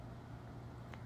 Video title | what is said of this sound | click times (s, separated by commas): Lightweight Cordless Leaf Blower | Once that clicks in, it's locked, | 0.9 s